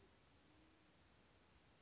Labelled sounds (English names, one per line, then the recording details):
Band-tailed Pigeon
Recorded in Sonoma County, California